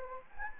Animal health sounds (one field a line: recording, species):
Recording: mosquito wingbeat signal from an infrared sensor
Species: Anopheles gambiae